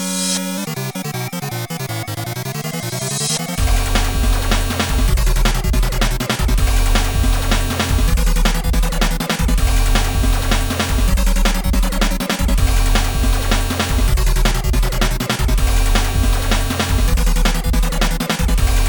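Sounds from an early video game console: a rising, sweeping electronic tone opens the first three seconds, then a loud, dense chiptune tune kicks in with a repeating bouncy bass line and bright buzzy melody notes that loop steadily to the end.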